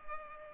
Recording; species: mosquito wingbeat signal from an infrared sensor; Culex pipiens